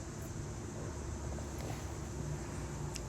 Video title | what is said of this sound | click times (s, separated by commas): DIY Kohler Toilet Repair Leaking Gasket Aqua Piston How To Fix | all you really got to do is reach underneath and turn it from the base and I'll show you how it locks into place | 3.0 s